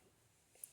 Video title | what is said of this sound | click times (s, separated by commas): Revell 1/25 Dom's Dodge Charger Part 2 | it clicked into place. | 0.6 s